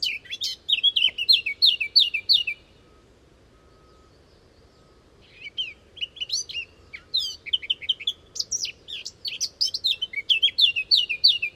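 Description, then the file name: Eurasian blackcap singing rapid scratchy warbled phrases, a first burst of about three seconds, a quiet gap, then a longer, busier stretch of chattering notes. "Sylvia atricapilla"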